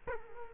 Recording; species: mosquito wingbeat signal from an infrared sensor; Culex quinquefasciatus